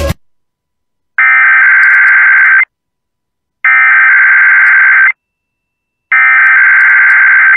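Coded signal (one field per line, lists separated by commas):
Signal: Emergency Alert System (SAME) tones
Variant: header bursts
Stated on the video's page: Required weekly test alert tones from an FM station in Michigan's Upper Peninsula, Marquette.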